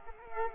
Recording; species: mosquito wingbeat signal from an infrared sensor; Culex quinquefasciatus